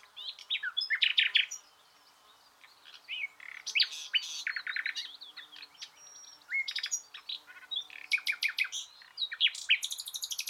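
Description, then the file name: Common nightingale song: loud, varied phrases of rapid buzzy trills, sharp chips and pure whistles, broken by short pauses, with a final fast stuttering run. "Luscinia megarhynchos"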